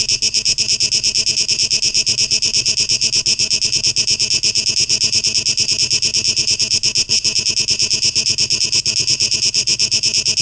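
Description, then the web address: Cicadas producing a dense, continuous high buzz with a steady rapid pulsing throb, unbroken throughout. Recorded on 2023-08-12; tape echo mix. "rauschpartikel Audio 2023-08-12 Zikaden"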